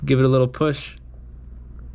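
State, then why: Not seated. Someone talks while giving the middle takedown pin of a Springfield Hellcat pistol frame a little extra push. After the talk, only faint low background noise is heard, and the pin has not yet seated or clicked home.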